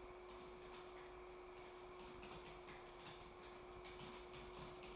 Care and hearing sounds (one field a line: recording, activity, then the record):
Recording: daily activity, microphone in the room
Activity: typing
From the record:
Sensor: 1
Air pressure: 1004.5 hPa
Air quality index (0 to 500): 196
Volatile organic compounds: 17 ppm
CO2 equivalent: 2592 ppm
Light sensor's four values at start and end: 4/11/4/4 and 4/11/4/4